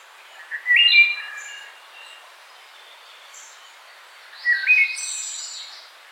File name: Hylocichla mustelina - Wood Thrush